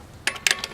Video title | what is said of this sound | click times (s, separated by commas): how to replace rotors on 2007 mazda 3 | will hear it click less if you can hear it there | 0.3 s, 0.5 s